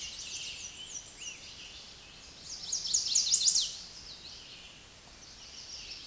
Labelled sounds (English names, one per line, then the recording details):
Chestnut-sided Warbler song
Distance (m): 5 m
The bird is about 5 m above the microphone
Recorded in a Pennsylvania forest on 16 May 2024 at 09:03
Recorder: AudioMoth, point MSD-2166
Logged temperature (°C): 16.3 °C
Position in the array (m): 110 m, -2 m